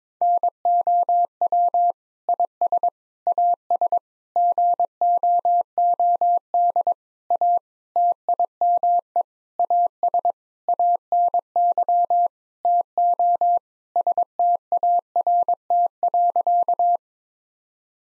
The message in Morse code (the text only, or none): NOW IS AS GOOD A TIME AS ANY TO START.